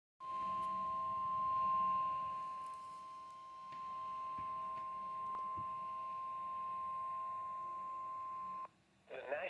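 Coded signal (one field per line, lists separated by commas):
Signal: Emergency Alert System (SAME) tones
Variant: 1050 Hz attention tone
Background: speech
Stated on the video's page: Severe Thunderstorm Warning received on NOAA Weather Radio transmitter KEC-60.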